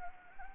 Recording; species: mosquito wingbeat signal from an infrared sensor; Anopheles gambiae